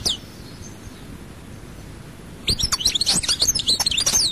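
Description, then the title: European goldfinch twittering song starting partway through after near silence, a quick jumble of high tinkling notes. "Chant Chardonneret"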